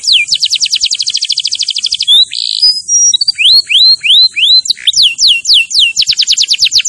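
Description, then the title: Canary singing fast repeated downslurred notes, a brief buzzy burst, then a series of rising whistled slurs and another rapid trill at the end. Canary singing vigorously and continuously (gacor). "Kenari Gacor 10"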